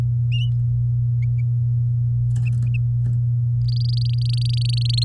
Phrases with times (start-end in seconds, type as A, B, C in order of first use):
3.68-5.04 A